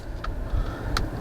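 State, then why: Seated. A thin carbon fiber trim overlay is worked around the steering wheel of a 2019-2023 Chevy Blazer, its edge tucked behind the airbag cover. Sharp clicks at 0.2 s and 1.0 s mark its clips snapping into place over a low background rumble. The trim piece is seated.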